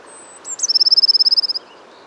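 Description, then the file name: Eurasian blue tit song beginning with a high thin whistle, then sharp notes running into a rapid trill of many notes. "Cyanistes caeruleus"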